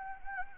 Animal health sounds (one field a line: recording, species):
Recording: mosquito wingbeat signal from an infrared sensor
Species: Anopheles arabiensis